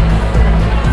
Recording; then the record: background sound without coughing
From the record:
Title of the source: Party Noise 1 Hour Party Ambience